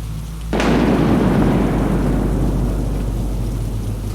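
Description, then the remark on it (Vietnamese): Heavy rain pours down outside, growing ever fiercer, in a dense, steady roar after a sudden loud crack-like onset, with rumbling low tones underneath and no voices. “tiếng lộp bộp của nước mưa ngoài kia đang trút xuống mỗi lúc một dữ dội.”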